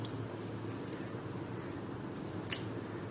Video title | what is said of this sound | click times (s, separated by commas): drilling machine service | அவ்வளோதான், lock ஆகிடுச்சு. | 2.5 s